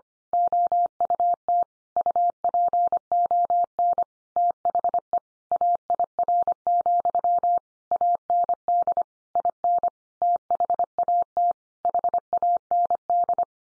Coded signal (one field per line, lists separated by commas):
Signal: Morse code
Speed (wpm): 25 wpm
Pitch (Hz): 700 Hz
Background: none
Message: OUT UPON THE AIR, AND IN THAT HAND